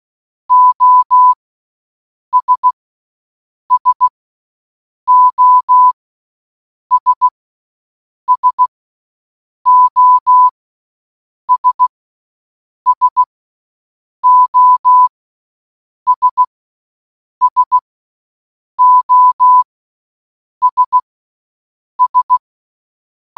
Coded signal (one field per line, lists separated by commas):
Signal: Morse code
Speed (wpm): 16 wpm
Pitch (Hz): 1000 Hz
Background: none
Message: OS SOS SOS SOS SOS S